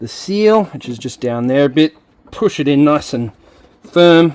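A windshield washer pump on a Ford Falcon (EF, EL, AU, BA, BF, FG sedan, ute or wagon) is being lined up with the rubber seal and pushed firmly into the plastic washer fluid bottle while someone talks throughout. Nothing has seated or clicked yet; the pump has not popped into the reservoir by the end.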